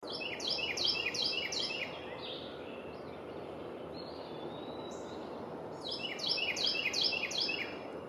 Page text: Carolina Wren with Northern Cardinal and Eastern Wood Peewee in background